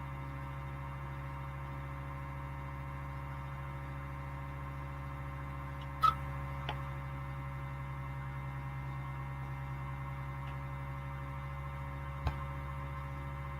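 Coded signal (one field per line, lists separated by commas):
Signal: FT8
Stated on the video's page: FT8 practice session for testing station setup before the Thursday Night FT8Off amateur radio contest.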